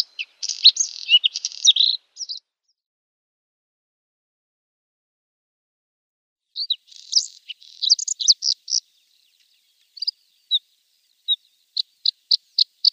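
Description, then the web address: Bluethroat song: a dense scratchy burst, a long pause, then varied twittering notes followed by a series of clear single notes. "Schulze Peter Bluethroat song"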